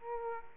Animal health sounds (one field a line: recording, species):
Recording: mosquito wingbeat signal from an infrared sensor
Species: Aedes aegypti